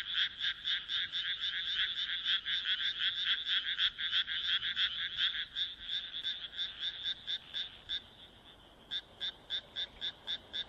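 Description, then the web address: Frogs giving loud rhythmic croaks, a dense pulsing run that thins into separate spaced croaks after a brief lull. "kaeru kaeru"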